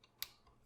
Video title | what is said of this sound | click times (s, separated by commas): Nemesis Transforms Transformers Masterpiece MP-48 Lio Convoy | it's very small soft click just slide these little pieces on the sides of the main back like that until | 0.2 s